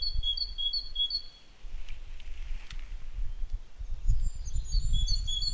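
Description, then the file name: Great tit song: a bright two-note phrase repeated in quick bursts at the start and again near the end, over low rumbling noise. "Parus major"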